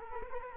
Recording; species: mosquito wingbeat signal from an infrared sensor; Culex quinquefasciatus